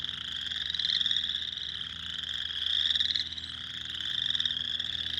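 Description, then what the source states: Spring peeper chorus, a constant high ringing of overlapping rising peeps with occasional louder surges. Recorded 6 April 2021.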